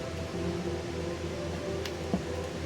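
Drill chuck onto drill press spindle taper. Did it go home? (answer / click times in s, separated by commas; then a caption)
yes / 1.9 s. A drill chuck is pressed up onto the spindle taper of a Bauer 1/3 HP 8-inch table top drill press, using the quill handle against a piece of scrap wood, over a steady low hum. A single thud at 1.9 s marks the chuck locking onto the taper, and it is seated.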